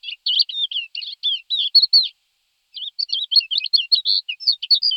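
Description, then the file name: Thekla's lark delivering two jumbled bursts of quick whistled and scratchy notes, separated by a brief silence. "Chocholous vavrinovy Galerida theklae"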